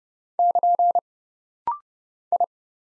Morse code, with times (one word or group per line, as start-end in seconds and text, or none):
0.4-1.0 <KN>
2.3-2.5 I